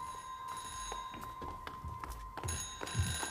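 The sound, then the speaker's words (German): A telephone on a table rings with a continuous, high-pitched bell tone that holds steady throughout, while scattered knocks and clatter sound faintly underneath. No one speaks. “Da klingelt ein Telefon.”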